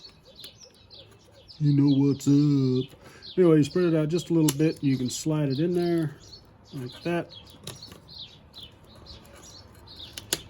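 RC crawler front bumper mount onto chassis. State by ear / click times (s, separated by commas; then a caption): seated / 10.2 s, 10.3 s. Someone talks while a plastic front bumper mount for a Honcho RC crawler is spread slightly and slid onto the chassis. It is then pushed in, and two sharp snaps at 10.2 s and 10.3 s mark the mount seating in place.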